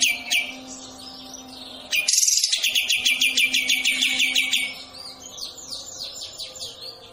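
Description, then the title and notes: Bird song with a loud harsh burst, then a fast series of crisp repeated notes that fades into softer chattering. Melodious bird sound, used as a ringtone. "Burung Dengan Suara Merdu"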